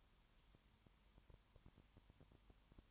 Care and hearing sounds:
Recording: daily activity, microphone in the room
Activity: no activity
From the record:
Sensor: 3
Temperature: 21.1 degrees Celsius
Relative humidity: 37.0%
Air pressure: 1010.6 hPa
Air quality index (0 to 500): 204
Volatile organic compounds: 31 ppm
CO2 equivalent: 2983 ppm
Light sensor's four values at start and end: 2/3/2/2 and 2/3/2/2

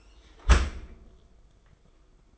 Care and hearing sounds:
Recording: daily activity, microphone in the room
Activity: close dishwasher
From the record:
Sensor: 5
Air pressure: 990.6 hPa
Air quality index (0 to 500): 164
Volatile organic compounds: 304 ppm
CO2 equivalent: 4490 ppm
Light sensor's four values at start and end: 38/116/45/47 and 38/115/44/47

